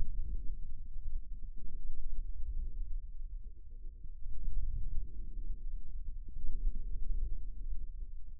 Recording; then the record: forearm muscle sounds (acoustic myography)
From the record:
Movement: inward rotation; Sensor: system 2, bracelet of six BSWA MPA416 microphones around the upper forearm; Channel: 1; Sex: male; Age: 22 years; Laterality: right